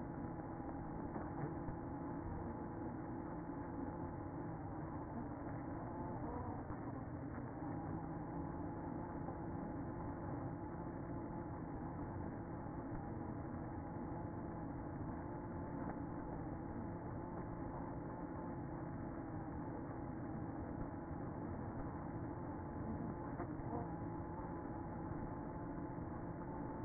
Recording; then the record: honeybee colony, microphone inside the hive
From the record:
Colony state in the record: queen present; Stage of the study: after two queens were removed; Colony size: about 60,000 bees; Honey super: yes